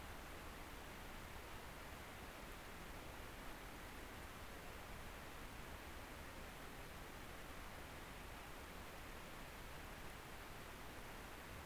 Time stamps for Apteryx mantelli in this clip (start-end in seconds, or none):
none